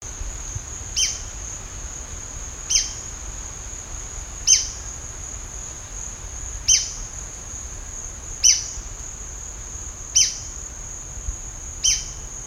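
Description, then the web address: White-crested spadebill giving short, sharp high call notes repeated about every two seconds, over a steady high insect drone. "White crested spadebill. صدای-پرنده-بیلچه-نوک-کاکل-سفید"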